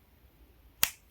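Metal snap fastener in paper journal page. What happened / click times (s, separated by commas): Snap fastener gives its first click / 0.8 s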